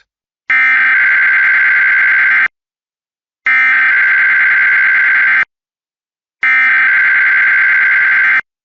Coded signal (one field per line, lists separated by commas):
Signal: Emergency Alert System (SAME) tones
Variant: header bursts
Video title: HI THERE, KBGA... EAS Tests from 4/24/25 (EAS #5,707 - 5,717)